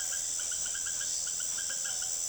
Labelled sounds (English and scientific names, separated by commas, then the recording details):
none
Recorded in secondary vegetation near Puerto Asís, Putumayo, Colombia, on 23 June 2025 at 18:30
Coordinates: 0.489, -76.322
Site G021